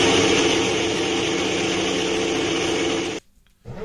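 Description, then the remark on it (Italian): An old naturally aspirated Formula 1 racing car engine screams at high revs in a loud, sustained, buzzing roar, then cuts off abruptly into near silence before surging back for a brief final burst. “Questo è il vecchio suono invece dei motori. Questi erano i vecchi motori, quelli aspirati.”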